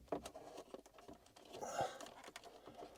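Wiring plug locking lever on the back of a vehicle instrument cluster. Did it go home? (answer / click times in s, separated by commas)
no / none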